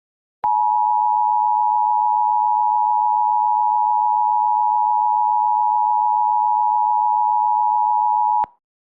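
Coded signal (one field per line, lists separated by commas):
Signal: Emergency Alert System (SAME) tones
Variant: 853 and 960 Hz attention tone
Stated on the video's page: Fictional EAS scenario.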